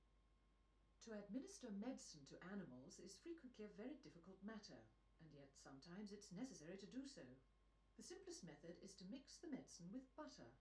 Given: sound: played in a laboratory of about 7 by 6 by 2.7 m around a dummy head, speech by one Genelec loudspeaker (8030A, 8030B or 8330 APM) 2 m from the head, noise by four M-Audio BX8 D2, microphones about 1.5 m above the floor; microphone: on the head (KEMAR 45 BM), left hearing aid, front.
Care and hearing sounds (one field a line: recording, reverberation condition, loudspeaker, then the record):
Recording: female speech in English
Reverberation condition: low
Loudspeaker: 150 degrees to the right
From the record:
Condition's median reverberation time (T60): about 310 ms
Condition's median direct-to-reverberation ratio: about 3.5 dB